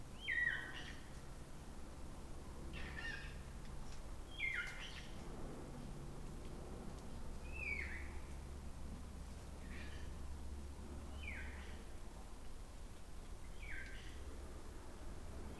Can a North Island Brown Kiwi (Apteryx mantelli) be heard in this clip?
no